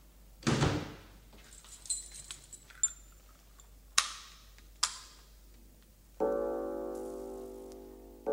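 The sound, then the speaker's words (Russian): A door swings shut with a scrape and a few sharp clicks and knocks, amid light rattling like jangling keys, before a steady humming tone starts up near the end. “Закрывайте двери,”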